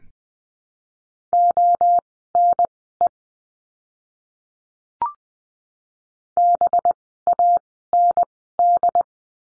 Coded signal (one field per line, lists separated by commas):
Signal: Morse code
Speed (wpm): 20 wpm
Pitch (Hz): 700 Hz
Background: none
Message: ONE BAND